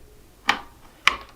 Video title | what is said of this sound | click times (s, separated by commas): Industrial Juki DDL 8700 Delivery and Setup | anyway you'll hear a click | 0.5 s, 1.1 s